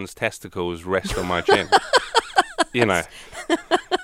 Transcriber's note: soundbite of laughter